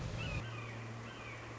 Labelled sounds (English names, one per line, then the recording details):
Red-shouldered Hawk
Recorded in Sonoma County, California